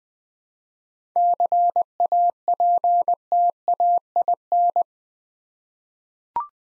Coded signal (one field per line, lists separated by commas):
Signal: Morse code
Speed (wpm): 20 wpm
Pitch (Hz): 700 Hz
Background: none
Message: CAPTAIN